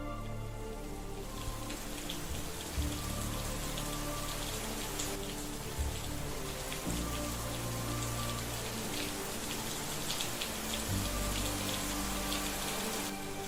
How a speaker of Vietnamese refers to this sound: Cơn giông bất chợt ập đến. Cảm giác như là căn nhà tạm của chị đang oằn mình trong cơn mưa giông, sẵn sàng đổ sập bất kỳ lúc nào.